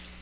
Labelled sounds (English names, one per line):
Magnolia Warbler flight call